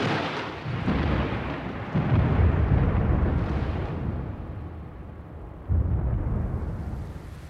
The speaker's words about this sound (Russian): Какой разразился ливень. С детства боюсь грозы. Да, ливень.